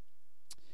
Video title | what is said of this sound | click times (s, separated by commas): Turn a Tape Player Into a Guitar Amp | my door locked into place so it was all good um | 0.5 s